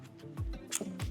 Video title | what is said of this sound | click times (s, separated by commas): Review DJI RS 4 MINI : Ada update apa aja sih? worth it dibeli? - Urban Republic | Oke, sampai klik ya. | 0.8 s